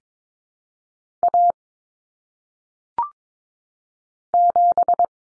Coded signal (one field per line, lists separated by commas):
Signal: Morse code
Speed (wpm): 22 wpm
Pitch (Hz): 700 Hz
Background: none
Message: A 7